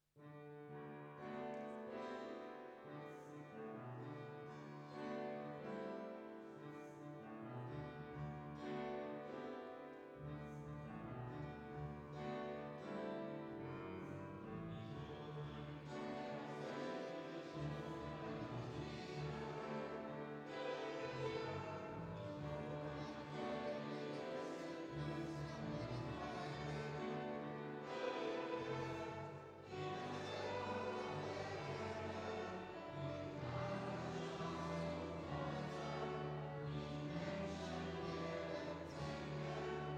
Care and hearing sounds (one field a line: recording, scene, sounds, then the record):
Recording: everyday scene through a hearing-aid microphone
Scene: reverberant space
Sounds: music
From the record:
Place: church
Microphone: in the ear canal, left